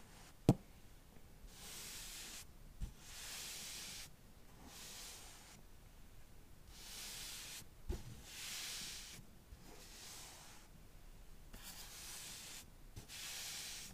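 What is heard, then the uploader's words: Book pages are flipped through in a steady series of soft, airy swishes, each lasting about a second with short pauses between. A sharp tap on the cover lands near the start, with a couple of lighter knocks around the third and eighth seconds. All about books, tapping and page flipping (no talking). I will tap on the book cover and flip through the pages.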